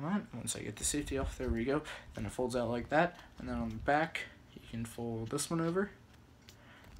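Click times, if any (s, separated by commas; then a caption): 6.5 s. Someone talks while unfolding a plastic credit-card knife, releasing its safety and folding the back panel over into its locked handle shape. At 6.5 s the panel locks into place with one sharp snap.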